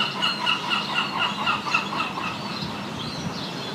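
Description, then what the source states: Gull calls, a quick series of clipped, nasal, harmonic notes about four times a second, then a looser chorus of other gulls over a low rumble. Gulls recorded in the morning.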